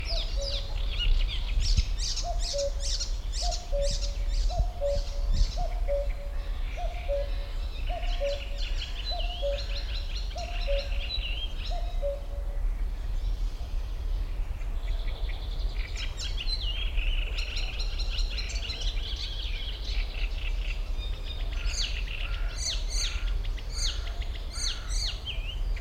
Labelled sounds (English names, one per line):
Common Cuckoo call